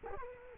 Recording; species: mosquito wingbeat signal from an infrared sensor; Culex quinquefasciatus